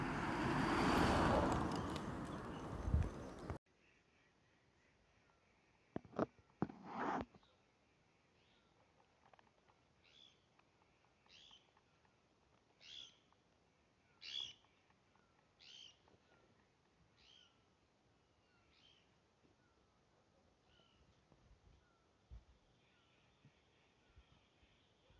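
Outdoor sounds from the Garhwal Himalayas open with about three seconds of loud, rushing noise that cuts off abruptly. A few sharp knocks follow around six to seven seconds, then a bird repeats short, bright calls every second or two over a quiet background.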